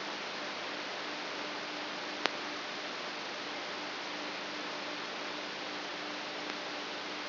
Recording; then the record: brain microelectrode recording played as sound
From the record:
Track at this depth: inside the subthalamic nucleus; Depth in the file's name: 6.216 mm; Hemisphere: left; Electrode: 3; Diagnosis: Parkinson's disease